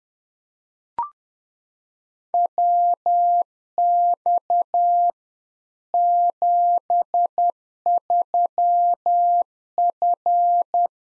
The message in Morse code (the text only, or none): WX 73F